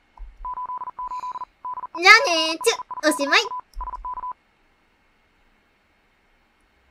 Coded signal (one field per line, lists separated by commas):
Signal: Morse code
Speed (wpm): 40 wpm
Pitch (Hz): 1000 Hz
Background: speech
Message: 88 DE CHIKA SK